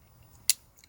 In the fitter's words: nice click solid it's in there